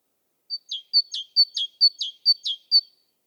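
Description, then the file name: Great tit repeating a high-then-low two-note phrase about five times, evenly paced and ringing, ending on a single high note, with a silent background. "Parus major"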